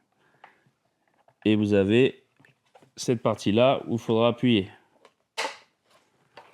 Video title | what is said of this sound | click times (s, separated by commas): Solutions anti-rat : comment éliminer et prévenir les rats efficacement | Une fois que c'est clipsé, vous avez plus qu'à refermer la boîte. Donc là, on entend les claques. | 6.4 s